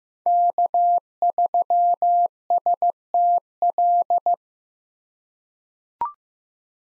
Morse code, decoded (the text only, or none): K3STL